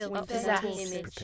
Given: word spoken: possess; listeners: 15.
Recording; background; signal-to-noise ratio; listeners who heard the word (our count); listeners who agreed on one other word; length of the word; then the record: one English word in noise, from a listening test; four-talker babble; 0.8 dB; 3 of 15; 11 of 15; 0.84 s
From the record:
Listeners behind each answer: 11, 3, 1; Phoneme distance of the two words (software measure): 24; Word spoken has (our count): 2 syllables, 5 phonemes, stress on syllable 2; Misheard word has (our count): 2 syllables, 5 phonemes, stress on syllable 2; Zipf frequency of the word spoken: 3.33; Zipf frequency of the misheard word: 2.41